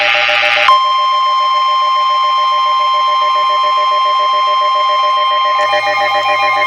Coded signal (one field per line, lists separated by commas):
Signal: Emergency Alert System (SAME) tones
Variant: 1050 Hz attention tone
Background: music